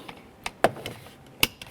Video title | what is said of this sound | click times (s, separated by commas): How to Replace Rear Door Lock Actuator & Integrated Latch 2012-2017 Toyota Camry | press that in so you hear it click into place | 1.4 s